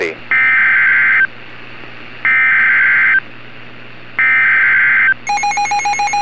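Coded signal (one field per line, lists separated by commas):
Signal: Emergency Alert System (SAME) tones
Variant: header bursts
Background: speech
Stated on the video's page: Fictional EAS scenario about a Midwest tornado outbreak, using valid EAS tones.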